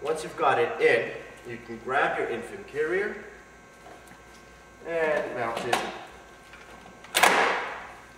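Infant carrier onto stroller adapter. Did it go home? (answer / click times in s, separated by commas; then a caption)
yes / 7.2 s. Someone talks while an infant car seat carrier is mounted onto the adapter of a Peg Perego Skate stroller. At 7.2 s a sharp click rings out as the carrier latches and seats securely on the adapter.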